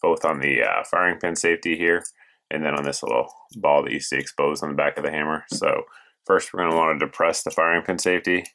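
During a conversion of a Beretta PX4 from Type F to Type G (decocker only), someone talks while handling the pistol, about to depress the firing pin safety and push forward the small exposed piece at the back of the hammer. Only speech with faint handling is heard, and the hammer part has not clicked into position yet.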